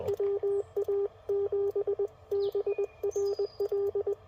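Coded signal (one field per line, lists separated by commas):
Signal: Morse code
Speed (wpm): 20 wpm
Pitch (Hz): 410 Hz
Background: radio noise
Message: WA7BRL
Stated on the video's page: Morse from a park activation at a rare park, using FT-857, Putikeeg key and JPC-7 dipole.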